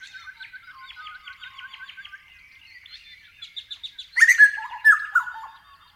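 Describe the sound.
Grey butcherbird song: a rapid, rhythmic string of clipped notes, softer chattering, then a loud phrase of full, rich notes with a descending flourish.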